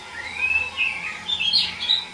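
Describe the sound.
Bird chirping: a run of thin whistled notes sliding between mid and high pitch, uneven and quickly repeated, over a faint low hum.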